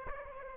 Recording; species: mosquito wingbeat signal from an infrared sensor; Aedes aegypti